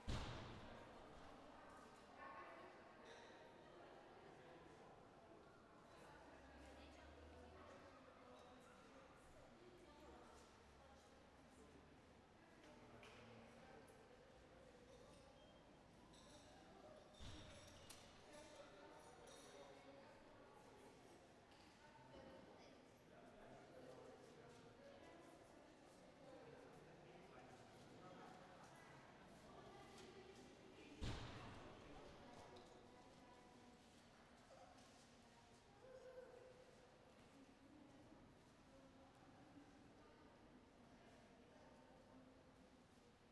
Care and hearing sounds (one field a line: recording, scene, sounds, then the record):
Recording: everyday scene through a hearing-aid microphone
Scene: reverberant space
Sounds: background noise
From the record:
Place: railway station hall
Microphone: behind the ear, right, front